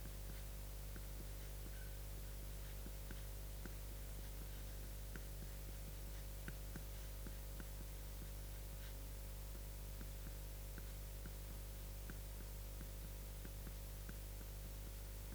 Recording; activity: daily activity, guitar pickup as the sensor; write